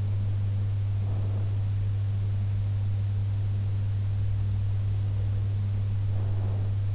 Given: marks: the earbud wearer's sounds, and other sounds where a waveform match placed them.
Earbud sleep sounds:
sounds in sleep by an in-ear microphone; breath
0.98-1.71 s: breath
6.00-6.94 s: breath

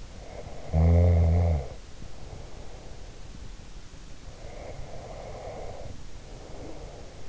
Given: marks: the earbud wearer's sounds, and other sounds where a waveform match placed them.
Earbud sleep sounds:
sounds in sleep by an in-ear microphone; snoring breath, breath
0.12-3.26 s: snoring breath
4.35-7.29 s: breath

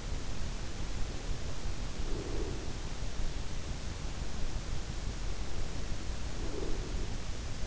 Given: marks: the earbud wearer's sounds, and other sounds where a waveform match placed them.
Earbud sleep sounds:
sounds in sleep by an in-ear microphone; breath
2.02-3.21 s: breath
6.27-7.61 s: breath

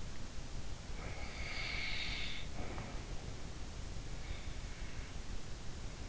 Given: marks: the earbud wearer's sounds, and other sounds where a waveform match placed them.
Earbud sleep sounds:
sounds in sleep by an in-ear microphone; snoring breath
0.97-3.47 s: snoring breath

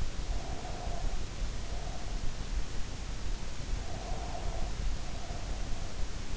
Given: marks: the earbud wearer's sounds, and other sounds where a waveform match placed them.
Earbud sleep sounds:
sounds in sleep by an in-ear microphone; breath
0.20-2.38 s: breath
3.65-6.05 s: breath

